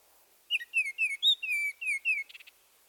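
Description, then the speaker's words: Northern Oriole song of several clear whistled phrases, many falling in pitch, closing with a brief stuttering buzzy chatter. Songs from different individuals; elaborate flute-like whistle of melodious phrases with a consistently rich tone. "Let's listen to four oriole songs given by different individuals."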